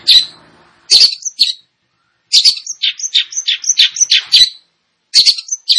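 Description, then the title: Long-tailed shrike song mixing rasping notes with short whistled slurs in quick, varied bursts separated by brief silences. "Cendet Gacor"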